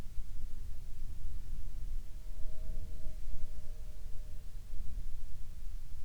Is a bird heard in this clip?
no